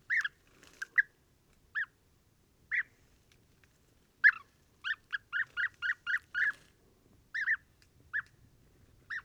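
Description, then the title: European bee-eater calls, short rolling trilled notes given singly and in a quick run of about seven, with gaps of silence between. Flock gathering to roost in a very large acacia during pre-migration, evening and morning waking, Oasis Mayateg, Adrar, Mauritania, 22 February 2019, Tlp7 and Mixpre 3. "Dortoir de Guêpier d'Europe - Mauritanie"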